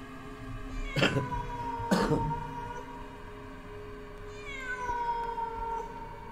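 A feral cat in a village yowls in long, mournful, wavering cries, with two sharp louder bursts early on before the drawn-out wail trails off, heard alone without any talking.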